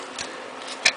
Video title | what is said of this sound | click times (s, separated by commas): 1993 Dodge Dakota 3.9L Fuel Injector Replacement | push up on it and you should hear a click and it'll lock | 0.9 s